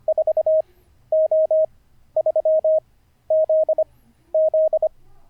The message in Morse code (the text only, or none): 4O3ZZ